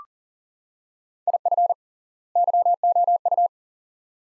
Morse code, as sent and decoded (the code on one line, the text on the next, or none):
.. ..-. / -.-- --- ..-
IF YOU